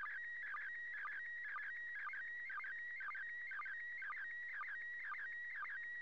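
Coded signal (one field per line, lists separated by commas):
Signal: SSTV (slow-scan television)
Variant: PD120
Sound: warbling electronic tone with a regular low blip about twice a second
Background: radio static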